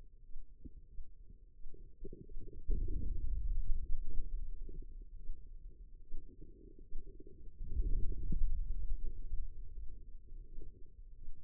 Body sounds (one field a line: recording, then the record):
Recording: forearm muscle sounds (acoustic myography)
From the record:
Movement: hand opening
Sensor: system 2, bracelet of six BSWA MPA416 microphones around the upper forearm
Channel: 3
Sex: female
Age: 25 years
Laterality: right